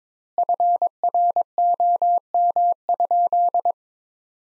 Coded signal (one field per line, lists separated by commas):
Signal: Morse code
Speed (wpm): 21 wpm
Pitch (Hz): 700 Hz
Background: none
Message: FROM?